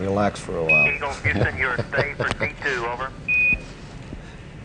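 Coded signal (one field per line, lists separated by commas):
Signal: Quindar tones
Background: speech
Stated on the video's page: Live CBS News broadcast of the Apollo 11 moon landing.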